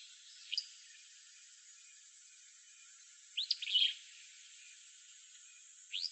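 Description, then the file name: Willow flycatcher giving soft, high, buzzy upswept notes: a faint one early, a fuller burst midway, and another near the end over light hiss. Recorded in Arizona on 11 June 2006. "WIFL 5 deviche"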